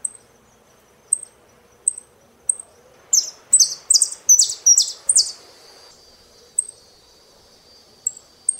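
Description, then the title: Saffron finch song: spaced thin high ticks, then a loud cluster of buzzy chirps, then ticks again. "Jilguero Argentino"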